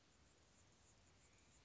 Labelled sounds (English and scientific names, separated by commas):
Anna's Hummingbird (Calypte anna)